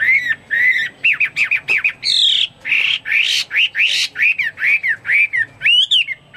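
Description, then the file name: Chinese hwamei singing repeated arched, down-slurred whistles in quick succession, with one rougher, harsher burst partway through. "omkicau hwamei"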